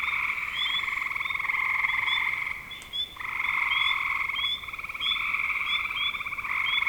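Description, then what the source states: Frogs giving steady pulsed trills in an almost continuous chorus, broken by a short pause near the middle, with sharp high chirps scattered across it. Recorded in spring 2025.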